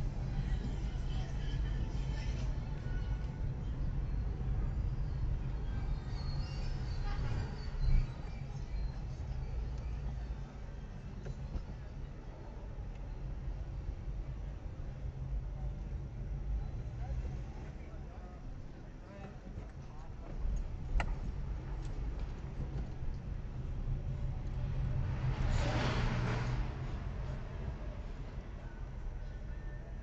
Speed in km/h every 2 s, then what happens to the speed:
22, 22, 20, 13, 12, 7, 10, 10, 8, 3, 12, 16, 17, 8, 5.
4-9 slows to 7. 9-15 steady at about 10. 15-18 slows to 3. 18-23 speeds up to 17. 23-27 slows to 5.